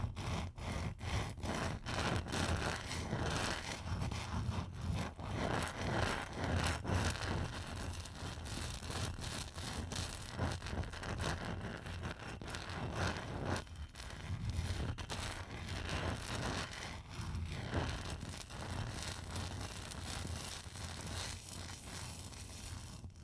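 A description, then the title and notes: Ice is tapped and scratched in a steady, dense run of rough scraping strokes mixed with quick taps that come every fraction of a second. A constant low rumble sits underneath, and the loudness stays even for the whole stretch. ASMR Ice Tapping & Scratching (No Talking).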